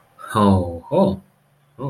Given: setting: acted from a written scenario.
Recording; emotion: vocal sound without words; realization